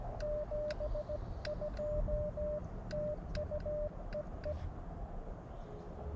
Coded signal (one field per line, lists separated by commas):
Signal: Morse code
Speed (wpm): 17 wpm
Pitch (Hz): 600 Hz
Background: radio noise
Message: 72 TU EE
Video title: CW #POTA at K-7882 on February 16, 2023 - Elecraft KX2 Maiden Voyage & Read The Friggin’ Manual RTFM